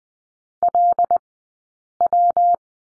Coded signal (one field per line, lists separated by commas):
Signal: Morse code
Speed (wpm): 20 wpm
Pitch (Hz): 700 Hz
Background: none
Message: LW